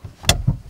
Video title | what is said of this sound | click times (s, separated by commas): Learning to Drive. Controls Lesson | good remember that click again yeah so we push it down again for me John how's that oh that's much better | 0.2 s, 0.3 s